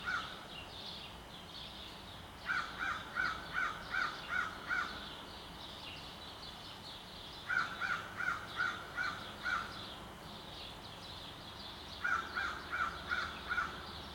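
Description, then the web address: Crow calling in three separate bursts of several rapid, rasping caws, with quiet urban background noise between the bursts. Suburban city setting, Montreal, Canada. "Articulated Sounds - Nature in the City AMB SUBURB Crow in City, Sparrow Chirps, Montreal, Canada"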